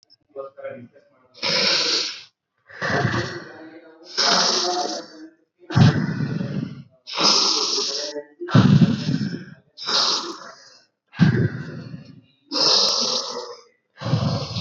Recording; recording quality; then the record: deep breathing; moderate, slight background noise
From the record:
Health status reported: COVID-19 positive, mild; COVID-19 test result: positive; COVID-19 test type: RT-PCR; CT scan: not taken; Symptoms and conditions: cough, cold, sore throat, muscle pain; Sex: female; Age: 26 years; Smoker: yes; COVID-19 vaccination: both doses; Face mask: not worn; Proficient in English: yes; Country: India